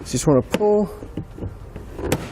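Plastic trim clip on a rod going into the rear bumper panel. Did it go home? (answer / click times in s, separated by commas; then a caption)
yes / 2.1 s. While a Curt trailer hitch receiver is installed on a 2018 Mercedes-Benz GLC-Class, a rod is pulled back so the small hooked plastic clips on the rear bumper trim or tow-hook panel snap into place. Someone talks at the start, followed by a few soft handling knocks. A sharp snap at 2.1 s marks the clip seating.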